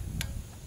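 A torque wrench is pulled again on a spark plug in the cylinder head of a 2002 4.7 liter engine, with a low hum under a single sharp click at 0.2 s. The wrench clicks at its setting and the plug no longer tightens, confirming it is torqued.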